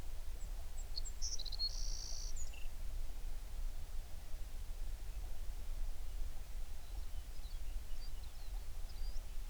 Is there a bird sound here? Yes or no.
yes